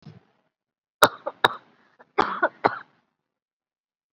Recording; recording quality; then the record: shallow voluntary cough; excellent, no background noise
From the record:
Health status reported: COVID-19 positive, moderate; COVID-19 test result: positive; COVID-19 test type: RT-PCR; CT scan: taken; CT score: 8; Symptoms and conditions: cough, cold, breathing difficulty, fever, fatigue, loss of smell and taste, another condition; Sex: female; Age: 43 years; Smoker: no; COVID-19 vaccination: none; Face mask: worn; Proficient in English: no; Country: India